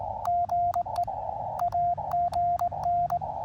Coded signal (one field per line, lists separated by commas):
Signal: Morse code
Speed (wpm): 22 wpm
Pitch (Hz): 700 Hz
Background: radio noise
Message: GE AGN